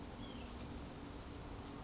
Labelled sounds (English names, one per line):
White-breasted Nuthatch